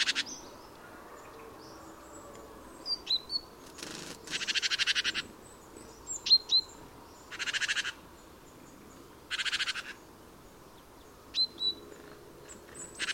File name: Parus major